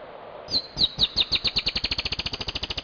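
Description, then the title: Dusky-tailed antbird song of high, downslurred notes that quickly speed up into a steady, rapid string of brief notes, continuing to the end. "LuckyPassaro Completos2Sama. Dusky-tailed Antbird (Drymophila malura)"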